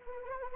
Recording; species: mosquito wingbeat signal from an infrared sensor; Anopheles arabiensis